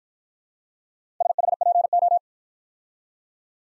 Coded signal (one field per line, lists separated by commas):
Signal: Morse code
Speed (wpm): 51 wpm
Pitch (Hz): 700 Hz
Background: none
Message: SHPO